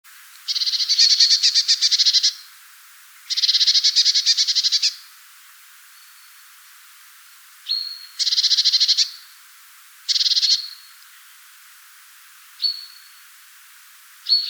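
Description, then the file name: Eurasian blue tit giving a scolding churring call, dense buzzy rattles lasting about half a second to two seconds, repeated several times, with a brief thin note between bursts. "Cyanistes caeruleus"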